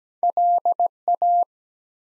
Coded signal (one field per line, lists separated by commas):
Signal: Morse code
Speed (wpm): 17 wpm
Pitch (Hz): 700 Hz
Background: none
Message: LA